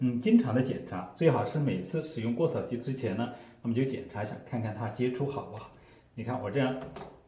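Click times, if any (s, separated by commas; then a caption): none. Someone talks while pressing the rubber spark plug boot down onto the spark plug terminal of a household petrol lawn mower to check that the contact is good. Poor contact makes the mower hard to start. The boot has not snapped into place yet, and no click is heard.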